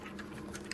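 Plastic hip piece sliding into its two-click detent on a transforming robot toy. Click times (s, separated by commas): 0.6 s, 0.7 s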